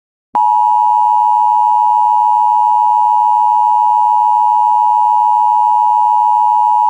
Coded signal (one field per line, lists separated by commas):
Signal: Emergency Alert System (SAME) tones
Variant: 853 and 960 Hz attention tone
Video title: EAS #276 Severe Thunderstorm Warning On WJON-IP